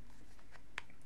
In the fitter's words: These are two individual tubes that come apart and they lock into place.